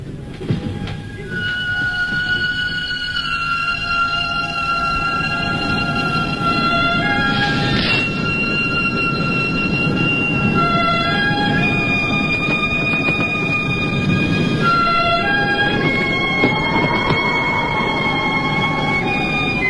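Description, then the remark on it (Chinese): A train rolls along the rails in winter, carrying two detectives escorting a prisoner, with a steady, heavy rumble, while high metallic squealing tones from the wheels ring and shift above it throughout. No one speaks. “接着是冬天，两个刑警压着耕作坐上火车。”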